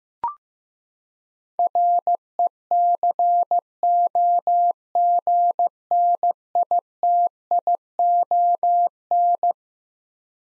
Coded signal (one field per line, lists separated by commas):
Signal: Morse code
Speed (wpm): 15 wpm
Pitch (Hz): 700 Hz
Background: none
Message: RECOGNITION